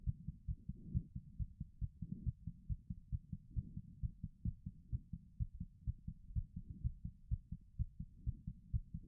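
Heartbeat of an infant, about 128 beats per minute, with low-pitched heart sounds.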